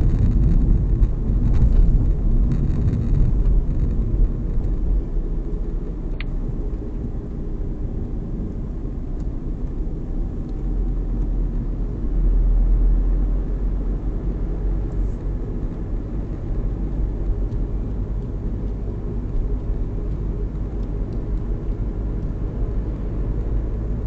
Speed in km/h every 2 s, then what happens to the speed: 35, 36, 35, 33, 31, 31, 32, 37, 38, 38, 38, 42.
0-10 steady at about 33. 10-24 speeds up to 42.